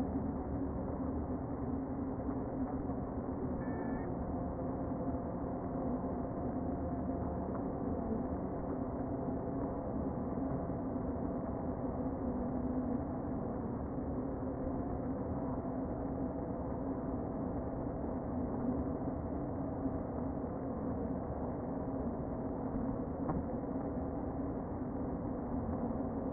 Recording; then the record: honeybee colony, microphone inside the hive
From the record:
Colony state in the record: queen present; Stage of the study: before two queens were removed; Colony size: about 60,000 bees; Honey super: yes